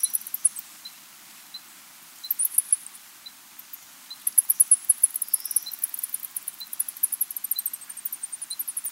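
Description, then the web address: White-lined sac-winged bat, thin high chirps starting sparse then running into a dense, fast stream in the second half. South American rainforest mammal. "Natures Songs S America Mammals of the Rainforest White-lined sac-winged bat"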